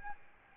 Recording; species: mosquito wingbeat signal from an infrared sensor; Aedes albopictus